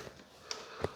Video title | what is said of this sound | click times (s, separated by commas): BMW R 1150 GS Benzinfilter wechseln - Tank Demontage - So wirds gemacht! - #motorraddoktor | zusammenführen ist es einrastet | 0.5 s